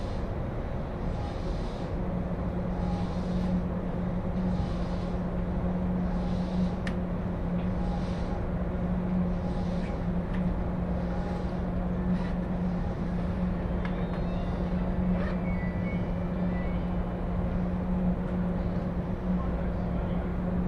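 Train ride on the Jōban Line between Katsuta and Ishioka: a steady, dense low rumble with a constant mid-low hum running throughout. Faint rhythmic clicks pulse every second or so, with a few brief brighter squeaks and taps scattered across the ride.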